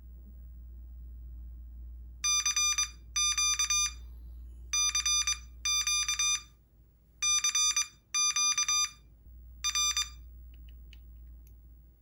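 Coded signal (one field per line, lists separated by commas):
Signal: Morse code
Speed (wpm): 22 wpm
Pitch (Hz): 2400 Hz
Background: none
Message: CQ CQ CQ R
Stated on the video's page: MorseBOX device for learning Morse with a real straight key or paddle, with tutor, electronic keyer and automatic beacon modes.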